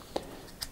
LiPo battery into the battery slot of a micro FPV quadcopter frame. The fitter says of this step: just slides in and kind of locks into place